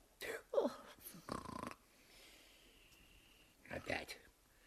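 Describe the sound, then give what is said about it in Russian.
A man snores loudly in slow, rasping bursts, with several rough, noisy breaths separated by quieter pauses and a faint hiss in between. “Опять спать пошел. Ох, как храпит.”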